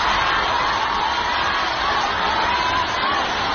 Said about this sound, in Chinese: 接着他止不住流下了泪水，现场的万名观众则对他加油鼓励。